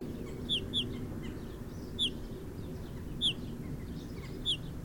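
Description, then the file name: Eurasian bullfinch calling with brief, slightly down-curved piping notes, a quick pair and then spaced single notes, over low background rumble. "Pyrrhula pyrrhula"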